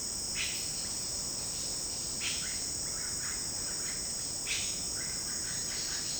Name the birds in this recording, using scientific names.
Cyanocorax violaceus